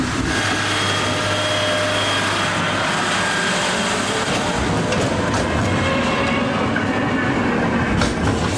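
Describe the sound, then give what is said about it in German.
A track work train carrying rail fastening parts rolls steadily past on the rails, its wheels clattering in a dense, continuous rumble with low mechanical droning and occasional metallic clanks throughout. “Und Zug kommt wieder, oder Portalkran.”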